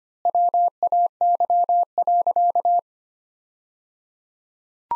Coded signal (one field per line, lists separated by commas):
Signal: Morse code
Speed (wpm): 25 wpm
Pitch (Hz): 700 Hz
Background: none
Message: WAY.